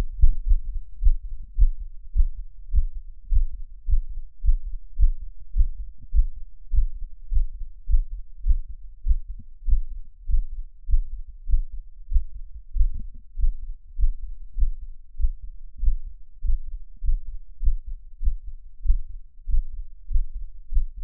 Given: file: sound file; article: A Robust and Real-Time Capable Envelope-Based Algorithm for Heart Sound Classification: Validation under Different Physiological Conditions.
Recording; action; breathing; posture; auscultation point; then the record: heart sounds by electronic stethoscope; after 5 min of sport; deep; sitting; Erb’s point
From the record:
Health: healthy, no known heart disease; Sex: male